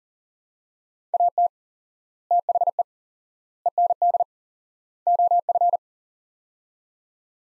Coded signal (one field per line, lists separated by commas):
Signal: Morse code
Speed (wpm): 39 wpm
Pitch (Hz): 700 Hz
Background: none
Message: AT THE END OF